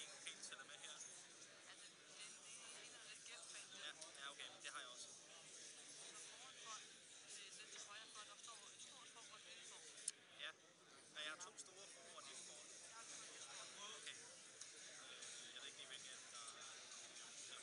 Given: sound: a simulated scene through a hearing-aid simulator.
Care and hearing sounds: conversation; cafeteria; -4 dB SNR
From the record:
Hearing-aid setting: IV (slow-acting compression, loudness normalization); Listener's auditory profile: B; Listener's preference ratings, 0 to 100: 13, 28, 52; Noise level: 65 dB SPL

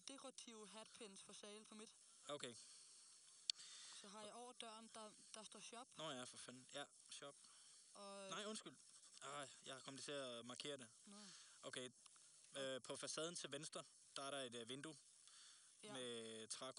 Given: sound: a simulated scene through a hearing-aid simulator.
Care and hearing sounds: conversation; quiet; 75 dB SPL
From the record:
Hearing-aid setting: II (fast-acting compression, audibility-based gain, advanced features for about 2.5 dB of SNR improvement); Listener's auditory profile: D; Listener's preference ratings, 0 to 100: 91, 89, 93

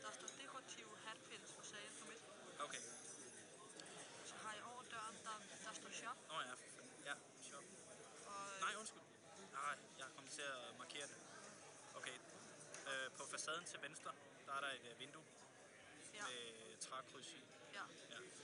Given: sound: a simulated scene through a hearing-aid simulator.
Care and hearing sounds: conversation; cafeteria; +4 dB SNR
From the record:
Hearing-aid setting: IV (slow-acting compression, loudness normalization); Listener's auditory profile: C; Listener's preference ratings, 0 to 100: 54, 45, 37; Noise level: 65 dB SPL

